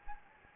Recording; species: mosquito wingbeat signal from an infrared sensor; Anopheles gambiae